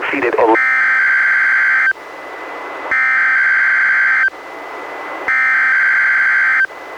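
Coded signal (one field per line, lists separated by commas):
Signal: Emergency Alert System (SAME) tones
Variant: header bursts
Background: speech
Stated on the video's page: NWR Required Weekly Tests from KEC91 in Astoria, issued by NWS Portland and recorded from a Reecom R-1630 weather radio; the first was mistakenly toned statewide.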